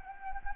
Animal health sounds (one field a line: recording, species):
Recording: mosquito wingbeat signal from an infrared sensor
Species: Anopheles gambiae